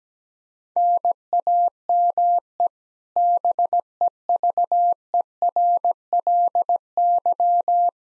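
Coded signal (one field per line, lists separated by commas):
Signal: Morse code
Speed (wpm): 17 wpm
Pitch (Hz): 700 Hz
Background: none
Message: NAME BEVERLY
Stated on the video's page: Practice QSO beginning segment (RST, QTH, name) sent at 17 wpm for head-copy, sent twice.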